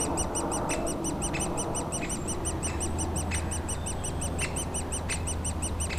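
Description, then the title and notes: Woodpecker young calling in a quick, unbroken series of high piping notes, with a few sharp clicks and a low engine hum. Woodpecker nestlings squawking continuously in their cavity at the foot of a dead tree trunk, Bois Saint-Martin near Lognes aerodrome, Noisy-le-Grand, France; light aircraft and airliners overhead; recorded with a DR-40X. "Bois Saint-Martin Noisy-le-Grand, France - Oisillons et gros "volatiles" bruyants. Au pied d'un tronc d'arbre mort, les oisillons d'un pic dans leur cavité piaillent continuellement alors que des avions survolent la zone"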